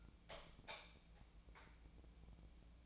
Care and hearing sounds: daily activity, microphone in the room; light off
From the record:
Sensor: 1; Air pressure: 1000.0 hPa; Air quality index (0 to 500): 131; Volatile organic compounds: 2 ppm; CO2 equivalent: 1238 ppm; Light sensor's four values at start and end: 33/86/36/43 and 31/78/32/39

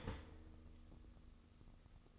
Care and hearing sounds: daily activity, microphone in the room; start toaster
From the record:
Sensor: 4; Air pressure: 1007.8 hPa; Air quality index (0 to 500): 104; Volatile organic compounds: 1 ppm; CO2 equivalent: 771 ppm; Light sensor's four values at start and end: 9/20/8/8 and 9/19/8/8

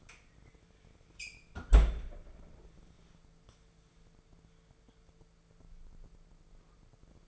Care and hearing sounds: daily activity, microphone in the room; close fridge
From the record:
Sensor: 5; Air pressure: 1015.0 hPa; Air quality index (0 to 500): 186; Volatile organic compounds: 8 ppm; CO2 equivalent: 2044 ppm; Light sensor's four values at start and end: 56/128/54/56 and 53/121/51/54

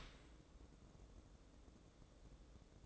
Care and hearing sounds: daily activity, microphone in the room; open dishwasher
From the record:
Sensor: 3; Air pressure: 1012.3 hPa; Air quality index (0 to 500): 166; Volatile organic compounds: 2 ppm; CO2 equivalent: 1271 ppm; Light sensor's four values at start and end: 562/1386/572/576 and 561/1383/571/574

